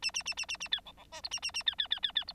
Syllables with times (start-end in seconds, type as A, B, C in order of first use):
0.02-0.11 A, 0.14-0.23 A, 0.25-0.34 A, 0.37-0.46 A, 0.48-0.57 A, 0.60-0.68 A, 0.71-0.81 B, 0.85-0.92 C, 0.97-1.04 C, 1.12-1.21 D, 1.23-1.29 E, 1.31-1.40 A, 1.42-1.51 A, 1.54-1.63 A, 1.66-1.75 B, 1.78-1.88 B, 1.90-2.00 B, 2.02-2.12 B, 2.15-2.24 B, 2.27-2.33 E